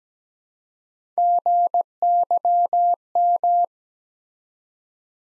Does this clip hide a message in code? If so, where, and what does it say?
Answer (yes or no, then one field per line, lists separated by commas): yes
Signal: Morse code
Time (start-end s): 1.2-3.6 s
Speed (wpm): 17 wpm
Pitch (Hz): 700 Hz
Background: none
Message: GYM